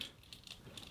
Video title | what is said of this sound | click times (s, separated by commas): Transformers Prime First Edition Arcee Review | and i swear it clicked in but maybe it doesn't quite now | 0.0 s, 0.3 s